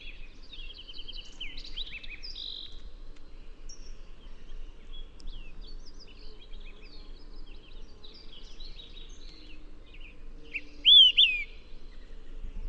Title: LuckyPassaro Completos2Sama. Olive-sided Flycatcher (Contopus cooperi)